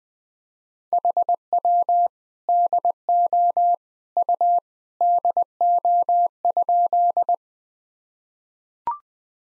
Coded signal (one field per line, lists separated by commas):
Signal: Morse code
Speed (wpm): 20 wpm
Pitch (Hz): 700 Hz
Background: none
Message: HW DO U DO?